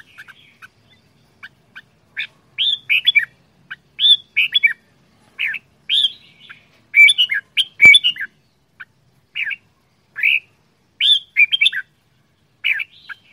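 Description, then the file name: Red-whiskered bulbul song of short, cheerful whistled phrases that swoop up and down, spaced by brief silences, with one sharp click midway. Quảng Ngãi, Vietnam; 'chè đao' bulbul, described as having a frantic voice. "tieng chao mao quang ngai che dao giong dien cuong"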